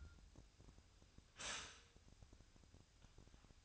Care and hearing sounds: daily activity, microphone in the room; stop toaster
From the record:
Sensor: 2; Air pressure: 1001.8 hPa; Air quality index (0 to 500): 245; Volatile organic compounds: 37 ppm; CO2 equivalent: 3089 ppm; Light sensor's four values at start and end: 10/31/12/12 and 10/32/12/12

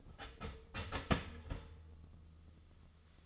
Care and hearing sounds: daily activity, microphone in the room; start toaster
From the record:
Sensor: 4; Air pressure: 1010.1 hPa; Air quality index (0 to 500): 181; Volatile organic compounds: 5 ppm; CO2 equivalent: 1832 ppm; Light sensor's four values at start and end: 22/68/26/26 and 23/68/27/27

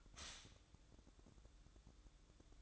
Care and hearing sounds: daily activity, microphone in the room; stop toaster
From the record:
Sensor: 3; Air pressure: 1007.3 hPa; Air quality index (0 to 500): 55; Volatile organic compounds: 1 ppm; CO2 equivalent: 596 ppm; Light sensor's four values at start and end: 7/17/7/7 and 7/17/7/7

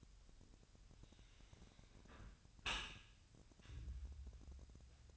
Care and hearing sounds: daily activity, microphone in the room; close dishwasher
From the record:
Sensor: 2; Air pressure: 1006.6 hPa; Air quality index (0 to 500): 202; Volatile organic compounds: 14 ppm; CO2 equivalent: 2470 ppm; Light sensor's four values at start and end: 9/21/9/9 and 9/21/9/9

